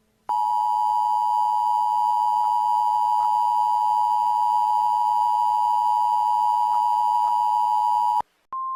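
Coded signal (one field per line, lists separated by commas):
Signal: Emergency Alert System (SAME) tones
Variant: 853 and 960 Hz attention tone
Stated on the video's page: Fictional EAS scenario; simulated alert.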